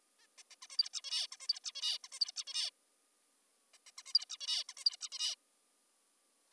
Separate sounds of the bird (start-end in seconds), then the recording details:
0.19-0.28, 0.38-0.43, 0.51-0.56, 0.62-0.67, 0.70-0.77, 0.78-0.89, 0.94-1.01, 1.04-1.27, 1.32-1.37, 1.41-1.48, 1.49-1.60, 1.64-1.72, 1.75-1.98, 2.04-2.08, 2.13-2.20, 2.21-2.32, 2.36-2.44, 2.47-2.70, 3.74-3.78, 3.87-3.91, 3.98-4.03, 4.06-4.13, 4.14-4.25, 4.30-4.37, 4.41-4.64, 4.69-4.74, 4.78-4.84, 4.86-4.96, 5.01-5.09, 5.12-5.35. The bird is an adult. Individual g19o3U